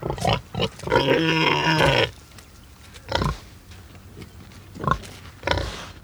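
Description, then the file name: Domestic pig grunts: a few quick grunts, then a drawn-out harsh squeal lasting about a second, followed by spaced, short low grunts. "Het knorren van een varken - Sound Cloud - Beeld en Geluid"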